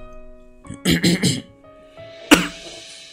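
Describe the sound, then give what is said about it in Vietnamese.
A narrator reading a story aloud coughs: a quick run of three rough coughs, then a short pause and one sharper, louder cough, with a faint steady hum underneath. “Mình đang đọc thì nó hay bị ho ấy, nên có gì anh em thông cảm cho mình nhé.”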